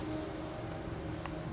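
A metal presser foot is handled under the presser foot holder of a SINGER Featherweight C240 sewing machine while the presser foot lifter is being lowered. A steady low hum runs throughout, with one brief, faint tick at about 1.3 s. Nothing has seated or clicked yet; the foot has not snapped into place.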